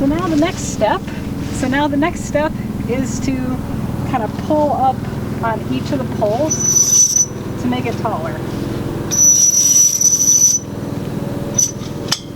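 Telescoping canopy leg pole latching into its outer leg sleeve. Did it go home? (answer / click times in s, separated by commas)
yes / 11.6 s, 12.1 s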